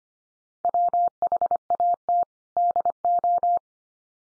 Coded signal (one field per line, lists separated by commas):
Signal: Morse code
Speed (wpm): 25 wpm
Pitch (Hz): 700 Hz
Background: none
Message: WHAT DO